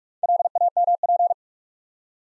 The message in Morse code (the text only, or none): LAMP